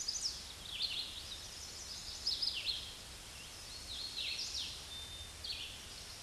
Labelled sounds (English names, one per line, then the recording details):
Hooded Warbler song
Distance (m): 45 m
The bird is about 15 m above the microphone
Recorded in a Pennsylvania forest on 16 May 2024 at 08:17
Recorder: AudioMoth, point MSD-2164
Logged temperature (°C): 15.8 °C
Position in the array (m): 169 m, 121 m